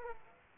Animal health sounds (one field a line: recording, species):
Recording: mosquito wingbeat signal from an infrared sensor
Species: Aedes aegypti